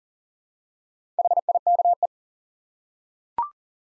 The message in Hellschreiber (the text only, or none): none